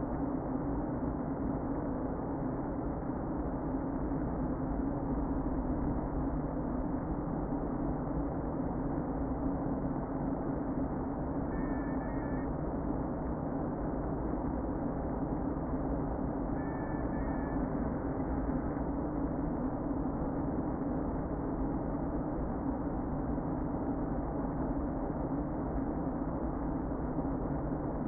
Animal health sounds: honeybee colony, microphone inside the hive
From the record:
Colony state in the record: queen present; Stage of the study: before two queens were removed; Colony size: about 60,000 bees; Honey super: yes

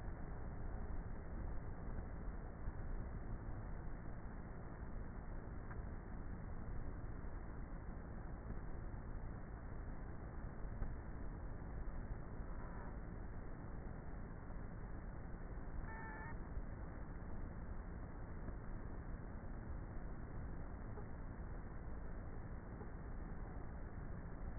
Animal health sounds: honeybee colony, microphone inside the hive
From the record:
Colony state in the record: queenless with a low population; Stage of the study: before two queens were removed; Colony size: about 30,000 bees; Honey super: no

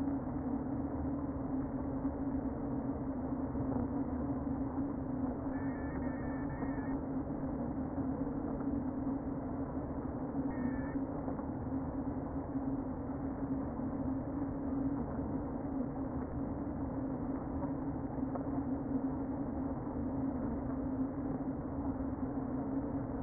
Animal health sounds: honeybee colony, microphone inside the hive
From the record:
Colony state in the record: queen present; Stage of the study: before two queens were removed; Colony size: about 60,000 bees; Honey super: yes

